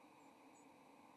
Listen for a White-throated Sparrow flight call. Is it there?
no